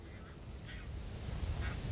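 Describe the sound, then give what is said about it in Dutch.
Geese in the Arkemeenpolder give a few short, nasal alarm calls in separate bursts, alarmed by people standing too close to them, fairly faint over a steady low rumble of background noise. “Gouden ganzen. Die zijn een beetje aan het alarmeren omdat wij voor hun gevoel te dichtbij staan.”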